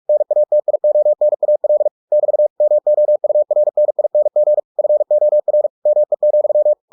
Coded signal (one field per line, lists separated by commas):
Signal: Morse code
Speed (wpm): 46 wpm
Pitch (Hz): 600 Hz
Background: none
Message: NATIONAL <BT> MOURNING FOR ME,